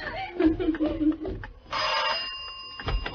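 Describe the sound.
A single bright doorbell ring at a house door bursts in after a voice speaks, its metallic tone hanging on and slowly fading as another voice briefly returns at the end.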